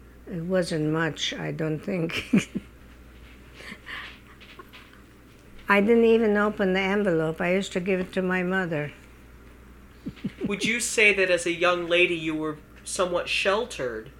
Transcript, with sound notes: it wasn't much, I don't think. ( she laughs ) I didn't even open the envelope. I used to give it to my mother.
Would you say that as a young lady you were somewhat sheltered?